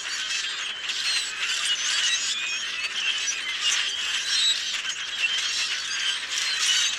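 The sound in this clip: Common grackle flock chattering, a dense continuous mass of squeaky, creaking and rattling calls overlapping throughout without pause.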